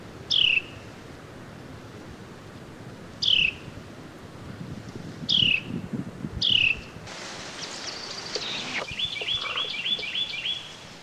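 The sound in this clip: Carolina wren calling with sharp downslurred notes every few seconds, then a brief rustling burst and a short series of rapid repeated phrases.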